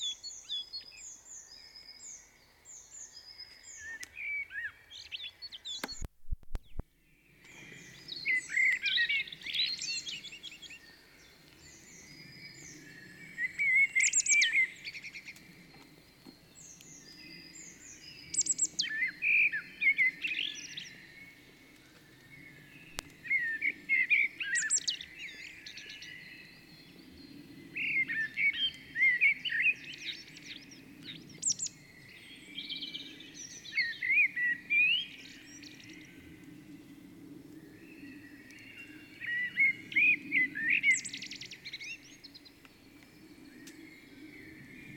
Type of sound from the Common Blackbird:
song